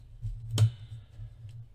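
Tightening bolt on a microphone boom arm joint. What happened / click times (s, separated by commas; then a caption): The tightening bolt slipped instead of holding / 0.6 s. Someone turns the tension bolt on the joint of an Amazon Basics adjustable microphone boom arm with pop filter and foam screen, trying to tighten it so the joint is more solid. At 0.6 s the bolt slips out of place with a sharp click over a steady low hum. It won't hold and can't tighten the joint.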